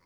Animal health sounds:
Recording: pig call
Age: piglet (1 to 25 days)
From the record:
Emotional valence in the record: positive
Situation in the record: short reunion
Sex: female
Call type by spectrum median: low-frequency call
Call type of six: low-frequency tonal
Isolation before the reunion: 3 minutes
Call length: 0.06 s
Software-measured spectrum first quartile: 595 Hz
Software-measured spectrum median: 1538 Hz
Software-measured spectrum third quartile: 3995 Hz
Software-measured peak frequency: 85 Hz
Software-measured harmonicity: -1.1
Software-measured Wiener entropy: -1.93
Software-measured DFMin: 1028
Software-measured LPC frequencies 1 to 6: 1009, 2133, 4433, 5005, 5724, 6704 Hz

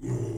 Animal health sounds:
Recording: pig call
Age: weaner (32 to 43 days)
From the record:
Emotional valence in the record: negative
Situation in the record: long isolation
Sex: female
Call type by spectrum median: low-frequency call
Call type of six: low-frequency stable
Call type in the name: low-frequency stable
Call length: 0.38 s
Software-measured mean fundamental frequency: 60 Hz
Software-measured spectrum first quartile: 121 Hz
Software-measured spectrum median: 221 Hz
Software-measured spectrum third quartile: 428 Hz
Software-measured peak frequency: 353 Hz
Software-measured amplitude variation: 142 dB a second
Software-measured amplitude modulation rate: 21.3 a second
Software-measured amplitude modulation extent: 6.7 dB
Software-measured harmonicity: 1.7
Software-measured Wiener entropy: -0.36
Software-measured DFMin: 1284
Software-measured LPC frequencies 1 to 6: 320, 1956, 2855, 5030, 5946, 6736 Hz

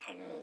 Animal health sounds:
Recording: pig call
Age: piglet (1 to 25 days)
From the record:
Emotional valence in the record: negative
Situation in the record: restrain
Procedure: in the arms of a person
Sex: male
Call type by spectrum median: low-frequency call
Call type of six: low-frequency stable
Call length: 0.43 s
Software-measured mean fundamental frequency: 59 Hz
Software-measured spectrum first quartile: 456 Hz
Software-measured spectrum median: 886 Hz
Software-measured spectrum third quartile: 2417 Hz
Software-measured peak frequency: 479 Hz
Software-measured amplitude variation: 103 dB a second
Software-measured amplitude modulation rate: 17.4 a second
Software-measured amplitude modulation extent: 5.9 dB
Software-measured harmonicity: 2.7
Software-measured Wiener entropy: -1.76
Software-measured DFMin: 1329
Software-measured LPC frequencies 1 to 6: 519, 1159, 2514, 3185, 4582, 7519 Hz

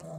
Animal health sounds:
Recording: pig call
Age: piglet (1 to 25 days)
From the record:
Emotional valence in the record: negative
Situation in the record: short isolation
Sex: male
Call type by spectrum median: low-frequency call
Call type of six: low-frequency tonal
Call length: 0.19 s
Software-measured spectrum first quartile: 169 Hz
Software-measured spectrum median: 455 Hz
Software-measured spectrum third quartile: 825 Hz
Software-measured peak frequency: 157 Hz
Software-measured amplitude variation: 78 dB a second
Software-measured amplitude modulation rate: 23.4 a second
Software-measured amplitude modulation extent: 3.3 dB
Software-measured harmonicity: 6.1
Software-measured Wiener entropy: -0.35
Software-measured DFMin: 765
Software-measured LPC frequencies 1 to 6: 645, 2341, 4192, 5030, 5756, 6638 Hz

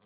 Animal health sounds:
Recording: pig call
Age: piglet (1 to 25 days)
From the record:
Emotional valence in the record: positive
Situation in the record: reunion after long isolation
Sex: male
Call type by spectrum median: low-frequency call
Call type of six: low-frequency tonal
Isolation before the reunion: 8 minutes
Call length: 0.06 s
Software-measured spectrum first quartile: 362 Hz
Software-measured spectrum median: 1200 Hz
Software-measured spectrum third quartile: 4406 Hz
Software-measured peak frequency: 191 Hz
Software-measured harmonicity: 0.8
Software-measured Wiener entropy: -1.52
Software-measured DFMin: 442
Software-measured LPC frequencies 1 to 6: 1094, 2184, 3289, 4005, 4865, 5692 Hz

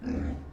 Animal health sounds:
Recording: pig call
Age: growing-finishing pig (85 days or more)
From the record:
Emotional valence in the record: negative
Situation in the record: barren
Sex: female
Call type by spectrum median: low-frequency call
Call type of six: low-frequency stable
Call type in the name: low-frequency stable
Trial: 1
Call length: 0.53 s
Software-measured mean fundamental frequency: 68 Hz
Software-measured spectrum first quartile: 88 Hz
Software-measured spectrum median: 208 Hz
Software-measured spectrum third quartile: 334 Hz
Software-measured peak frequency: 258 Hz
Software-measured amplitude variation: 161 dB a second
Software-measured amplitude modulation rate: 29.1 a second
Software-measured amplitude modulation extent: 5.5 dB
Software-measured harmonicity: -0.6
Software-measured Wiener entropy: -0.04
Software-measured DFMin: 1193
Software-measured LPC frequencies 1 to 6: 1658, 2449, 3934, 5063, 5987, 8643 Hz

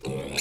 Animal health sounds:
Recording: pig call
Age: weaner (32 to 43 days)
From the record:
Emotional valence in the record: negative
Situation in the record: short isolation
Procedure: open field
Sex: female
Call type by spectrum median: high-frequency call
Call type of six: mixed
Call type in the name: high-frequency modulated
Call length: 0.41 s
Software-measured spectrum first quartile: 381 Hz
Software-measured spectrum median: 2196 Hz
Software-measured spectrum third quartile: 4830 Hz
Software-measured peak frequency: 466 Hz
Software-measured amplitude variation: 128 dB a second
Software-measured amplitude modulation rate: 19.5 a second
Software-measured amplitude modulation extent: 6.6 dB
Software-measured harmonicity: 2.7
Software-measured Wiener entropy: -2.99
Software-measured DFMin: 1265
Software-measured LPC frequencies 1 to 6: 475, 2434, 3794, 4225, 5107, 5917 Hz

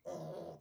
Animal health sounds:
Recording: pig call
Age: piglet (1 to 25 days)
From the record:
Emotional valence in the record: negative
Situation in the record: restrain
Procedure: back test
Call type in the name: low-frequency call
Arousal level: low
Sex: female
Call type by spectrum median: low-frequency call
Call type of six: low-frequency stable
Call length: 0.61 s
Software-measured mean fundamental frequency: 82 Hz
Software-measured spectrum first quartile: 307 Hz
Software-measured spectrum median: 525 Hz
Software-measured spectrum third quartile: 717 Hz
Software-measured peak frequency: 541 Hz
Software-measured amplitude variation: 158 dB a second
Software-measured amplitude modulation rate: 22.0 a second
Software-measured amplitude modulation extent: 7.2 dB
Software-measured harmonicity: 3.0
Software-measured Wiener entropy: 0.03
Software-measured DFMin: 1292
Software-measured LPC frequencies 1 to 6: 565, 3272, 4028, 4871, 6048, 7068 Hz

